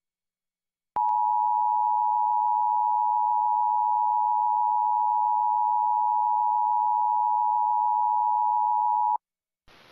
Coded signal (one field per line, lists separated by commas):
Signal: Emergency Alert System (SAME) tones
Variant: 853 and 960 Hz attention tone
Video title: NMPBS KNME-TV Emergency Alert System 7/8/2021